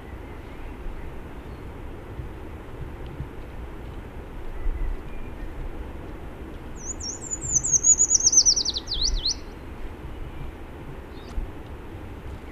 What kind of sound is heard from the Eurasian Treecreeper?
song